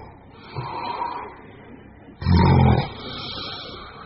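A soft, breathy inhalation is followed by a quiet stretch and then one loud, low, snorting gasp lasting about half a second. This is the gasp of obstructive sleep apnea in an adult sleeper, when breathing resumes after the collapsed, closed airway reopens. The condition is serious and can increase the risk of heart disease. The gasp is a sign worth getting checked by a doctor.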